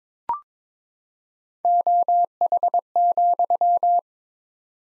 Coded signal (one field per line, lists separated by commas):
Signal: Morse code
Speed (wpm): 22 wpm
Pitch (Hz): 700 Hz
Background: none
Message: OH,